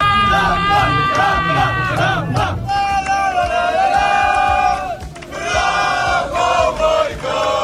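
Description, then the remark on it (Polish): A large crowd of cycling fans at the Il Lombardia race cheers and shouts loudly and continuously in a royal farewell to retiring rider Rafał Majka, with many overlapping voices rising in excited calls and a brief dip in the noise before the roar swells again. “Rafał Majka, nie tylko kibice kolarstwa wiedzą, kim jest ten jego mość, po prostu legenda, który kończy karierę, a wczoraj podczas Il Lombardia został po królewsku pożegnany przez peleton i kibiców.”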